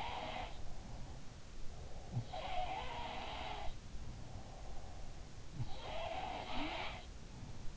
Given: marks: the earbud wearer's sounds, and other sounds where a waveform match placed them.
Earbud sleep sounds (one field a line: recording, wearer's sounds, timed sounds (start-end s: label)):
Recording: sounds in sleep by an in-ear microphone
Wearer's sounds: breath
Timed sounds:
0.00-1.26 s: sound from someone else or the room
0.59-2.59 s: breath
2.07-4.67 s: sound from someone else or the room
4.02-6.08 s: breath
5.58-7.77 s: sound from someone else or the room